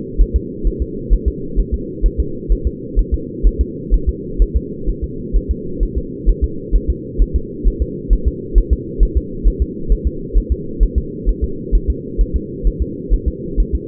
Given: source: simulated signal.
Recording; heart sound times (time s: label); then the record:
fetal heart sounds
0.22 s: S1
0.36 s: S2
0.67 s: S1
0.82 s: S2
1.13 s: S1
1.28 s: S2
1.60 s: S1
1.74 s: S2
2.06 s: S1
2.20 s: S2
2.52 s: S1
2.67 s: S2
2.99 s: S1
3.14 s: S2
3.47 s: S1
3.61 s: S2
3.94 s: S1
4.09 s: S2
4.42 s: S1
4.56 s: S2
4.89 s: S1
5.04 s: S2
5.37 s: S1
5.51 s: S2
5.83 s: S1
5.98 s: S2
6.29 s: S1
6.44 s: S2
6.76 s: S1
6.90 s: S2
7.22 s: S1
7.36 s: S2
7.68 s: S1
7.82 s: S2
8.13 s: S1
8.28 s: S2
8.58 s: S1
8.73 s: S2
9.03 s: S1
9.17 s: S2
9.48 s: S1
9.62 s: S2
9.92 s: S1
10.07 s: S2
10.38 s: S1
10.52 s: S2
10.83 s: S1
10.98 s: S2
11.29 s: S1
11.44 s: S2
11.75 s: S1
11.90 s: S2
12.21 s: S1
12.36 s: S2
12.67 s: S1
12.82 s: S2
13.14 s: S1
13.28 s: S2
13.60 s: S1
13.75 s: S2
From the record:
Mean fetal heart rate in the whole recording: 130 bpm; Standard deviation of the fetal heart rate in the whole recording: 2 bpm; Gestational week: 36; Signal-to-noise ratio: -4.3 dB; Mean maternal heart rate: 72 bpm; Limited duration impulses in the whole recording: absent